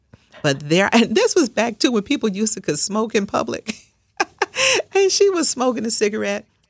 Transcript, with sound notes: But there -and this was back, too, when people used to could smoke in public (laughter). And she was smoking a cigarette.